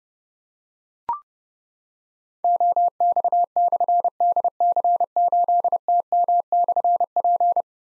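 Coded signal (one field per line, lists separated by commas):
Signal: Morse code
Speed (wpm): 30 wpm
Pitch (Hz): 700 Hz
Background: none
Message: OX/DC8TM/P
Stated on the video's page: Difficult call signs containing slashes sent at 30 wpm for copy practice, each sent twice around a spoken version.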